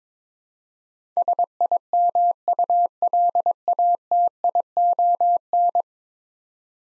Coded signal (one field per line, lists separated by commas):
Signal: Morse code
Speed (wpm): 22 wpm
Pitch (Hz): 700 Hz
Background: none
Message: SIMULATION